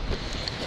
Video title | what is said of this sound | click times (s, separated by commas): How to: Perform a Rebreather System Integrity Check | pre-dive setting you turn them clockwise until it clicks | 0.5 s